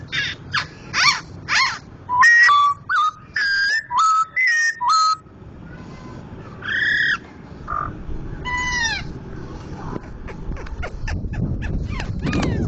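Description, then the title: Laughingthrush song: bursts of harmonic notes and steady whistled tones, then quieter scattered notes with rising background noise. Loud-voiced national champion contest bird, in persistent vigorous song (gacor). "Poksay Jambul Sumatra Suara Keras Juara Nasional. Poksay Hongkong gacor mantab (Gathutkaca)"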